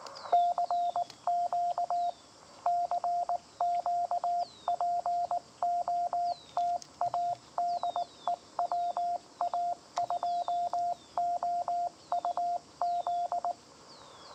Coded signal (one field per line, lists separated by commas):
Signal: Morse code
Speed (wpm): 19 wpm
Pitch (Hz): 700 Hz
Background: radio noise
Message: CQ CQ POTA DE WA2OUZ